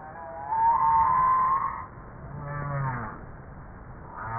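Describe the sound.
Humpback whale calls: a high wavering tone, followed by a lower, shorter harmonic moan.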